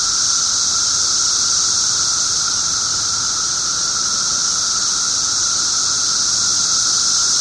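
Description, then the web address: Loud periodical cicada chorus, an unbroken shrill hiss with a lower sustained tone, even throughout the whole stretch. 17-year periodical cicadas recorded 18 June 2007 at 1:00 pm. "cicadas 6 18 07 1 ' 00 pm. 17 yrcicada"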